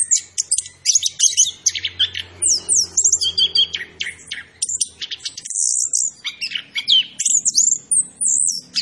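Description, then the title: Orange-headed thrush song, a lively jumble of high whistles, squeaky slurs and buzzy phrases. A faint low hum sounds in the background. Indonesian name anis kembang; described as gacor, meaning actively singing; bird referred to as Macan B2. "Anis Kembang Gacor. Suara Anis Kembang Macan B2"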